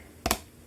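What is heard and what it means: A second plastic hanging hook is pushed into its socket on the hanger frame of a two-tier Ermete hummingbird feeder. Two sharp clicks come close together at about 0.3 s and 0.3 s. The hook snaps firmly into place.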